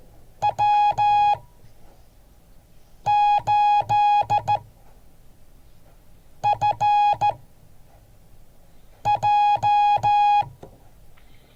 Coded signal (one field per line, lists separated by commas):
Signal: Morse code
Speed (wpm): 14 wpm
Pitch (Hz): 830 Hz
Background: music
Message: W8FJ